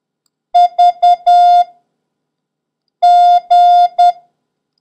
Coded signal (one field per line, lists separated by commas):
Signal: Morse code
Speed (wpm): 10 wpm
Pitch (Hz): 710 Hz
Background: none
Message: VG